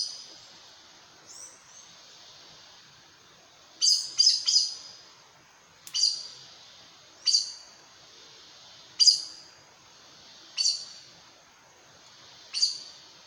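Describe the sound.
Aracari calls: a soft opening note, then a quick triplet of sharp high squeaks followed by single squeaks spaced about one and a half seconds apart.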